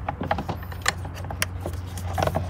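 After the airbox is refitted and the MAF sensor plug reconnected, the plastic spring clips on the air filter housing of a Toyota minivan's intake airbox are pressed back into place. Two sharp, short snaps ring out at 0.9 s and 1.4 s over a steady low hum and light handling rattles. The clips are seated closed.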